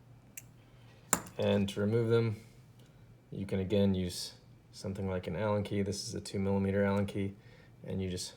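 A second tungsten balance weight is pressed into the extension spacer of a MachineWise Sasori or Tottori balisong knife, with a faint tick at 0.4 s. It snaps into place with a sharp, loud click at 1.1 s, seating the weight. Afterward, someone talks.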